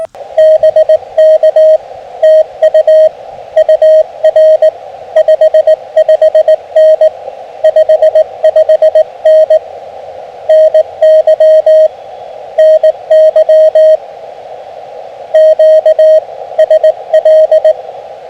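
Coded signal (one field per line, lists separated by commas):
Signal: Morse code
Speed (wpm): 18 wpm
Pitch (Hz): 630 Hz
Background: radio noise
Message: BK TU UR 55N 55N NY NY QSL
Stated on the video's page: CW Parks on the Air activation using an FT-817.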